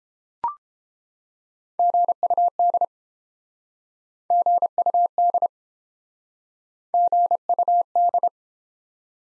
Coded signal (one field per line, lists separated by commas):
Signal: Morse code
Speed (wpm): 30 wpm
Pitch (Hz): 700 Hz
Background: none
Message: GUD GUD GUD